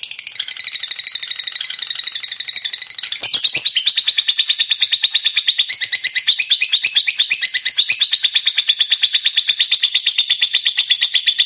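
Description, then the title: Lovebird producing a prolonged, shrill chattering trill, fast and even, stepping up in loudness after a few seconds and continuing without pause. A 'fighter' lovebird singing vigorously and persistently ('gacor'). "Berkat SUARA Lovebird FIGHTER GACOR Ini"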